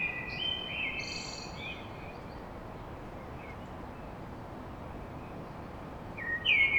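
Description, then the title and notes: Common blackbird song: a fluty warble ending in thin squeaky notes, a pause with background hiss, then another phrase starting at the end. Song recorded at dawn in Paris. "Blackbird Poetry At Paris On. Enregistrement d'un chant de merle à l'aube dans Paris"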